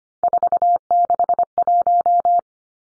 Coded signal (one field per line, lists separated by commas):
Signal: Morse code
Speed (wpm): 25 wpm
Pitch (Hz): 700 Hz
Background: none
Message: 461